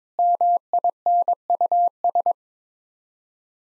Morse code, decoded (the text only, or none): MINUS